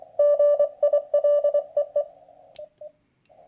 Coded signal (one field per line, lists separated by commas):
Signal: Morse code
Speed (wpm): 23 wpm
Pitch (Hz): 580 Hz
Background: none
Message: GIL EE